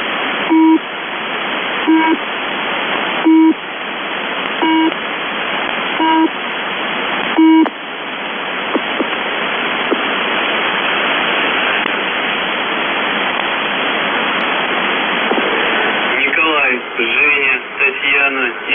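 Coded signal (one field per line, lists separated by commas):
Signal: numbers station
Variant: UVB-76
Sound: six short repeated buzzes over radio hiss, then static, then brief voice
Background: radio static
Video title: Uvb 76/ The buzzer voice message January 6, 2022 11:46 UTC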